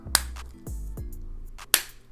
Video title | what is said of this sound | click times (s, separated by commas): How to Replace the Key Fob Battery for a Acura RDX 2016-2021 | listen for the click | 0.2 s, 1.7 s